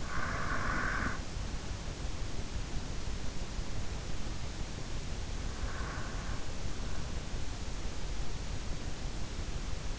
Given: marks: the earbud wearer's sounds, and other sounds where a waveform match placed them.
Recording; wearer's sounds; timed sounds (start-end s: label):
sounds in sleep by an in-ear microphone; breath
0.00-1.77 s: breath